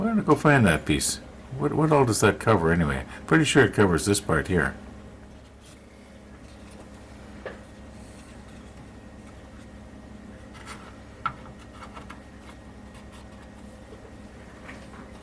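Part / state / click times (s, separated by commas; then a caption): plastic model part into model ship hull / not seated / none. A plastic model ship part, a hull or bulkhead piece, is dry-fitted by hand into the model ship hull. Someone talks for the first five seconds, then there is quiet handling with small taps, the sharpest at about 11.3 s and 12.1 s. The part has not seated or locked into place yet.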